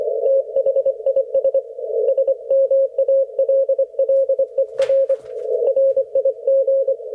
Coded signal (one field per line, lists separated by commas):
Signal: Morse code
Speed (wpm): 25 wpm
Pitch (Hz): 540 Hz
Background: radio noise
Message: THIS SMALLER RIG